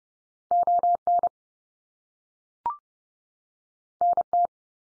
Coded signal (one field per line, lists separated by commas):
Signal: Morse code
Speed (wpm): 30 wpm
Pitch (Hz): 700 Hz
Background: none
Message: ON NT